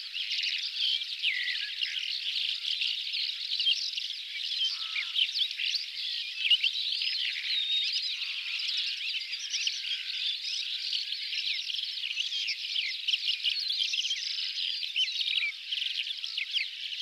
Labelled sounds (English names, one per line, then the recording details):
Calandra Lark song
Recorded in the wild
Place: Kalmückensteppe/Bogdo-Berg, RU
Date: 2006-05-27
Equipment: MiniDisc Sharp MT 20 H
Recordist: Schwarz, Dieter